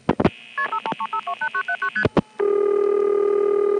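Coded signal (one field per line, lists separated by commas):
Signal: multi-frequency trunk signalling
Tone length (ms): 90 ms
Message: KP53528979ST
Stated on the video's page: Step-by-step switching office signalling heard on a 1976 phone trip.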